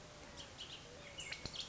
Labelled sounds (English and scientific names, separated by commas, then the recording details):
Bullock's Oriole (Icterus bullockii)
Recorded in Sonoma County, California